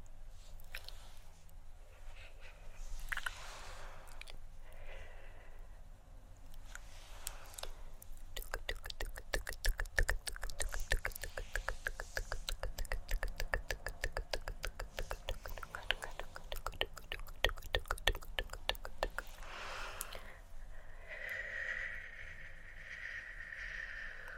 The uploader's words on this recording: ASMR Hand Movements With Assorted Mouth Sounds (Tongue Clicking, Shoop, TkTk).